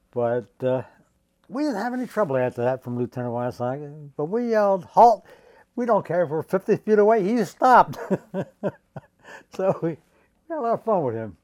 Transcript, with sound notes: But we didn't have any trouble after that from Lieutenant Wasaki. When we yelled, "Halt," we don't care if we're 50 feet away, he stopped. [laughs] So we had a little fun with him.